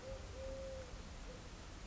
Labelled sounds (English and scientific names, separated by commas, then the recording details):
Eurasian Collared Dove (Streptopelia decaocto)
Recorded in Sonoma County, California